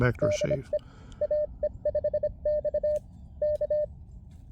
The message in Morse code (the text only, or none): DE AE5X K